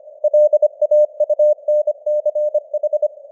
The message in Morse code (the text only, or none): LAUNCH